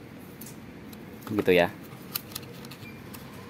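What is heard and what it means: A plastic turn-signal lamp unit for the side mirror of a Suzuki All New Ertiga XL7 is handled at the mirror housing. Someone talks briefly around 1.5 seconds, and a few light taps and clicks of handling follow, with sharp ones at 2.2 and 2.4 seconds. The lamp has not seated or clicked into the housing yet.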